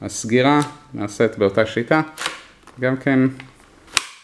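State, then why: Seated. Someone talks while closing the bottom of the plastic dust bin on a Dyson V7 cordless stick vacuum, lifting the bin mechanism fully so the lid latches. A single sharp snap is heard at 4.0 s as the dust bin lid snaps shut and seats.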